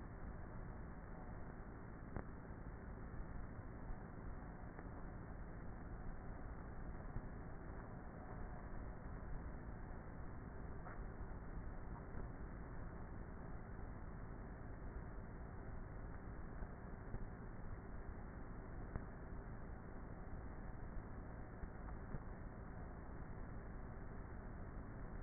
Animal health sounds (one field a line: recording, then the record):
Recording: honeybee colony, microphone inside the hive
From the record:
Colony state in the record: queenless with a low population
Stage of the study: before two queens were removed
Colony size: about 30,000 bees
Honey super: no